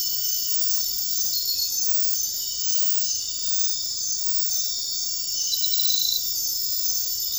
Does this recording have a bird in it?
no